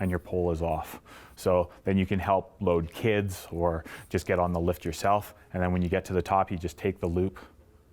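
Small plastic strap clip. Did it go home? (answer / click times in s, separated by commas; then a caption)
no / none. Someone talks while handling a ski pole strap loop near the quick-release socket in the pole grip, which is released by pushing a button and sliding the loop out. The clip ends just before the loop is pushed back into the grip, so nothing has seated or clicked yet.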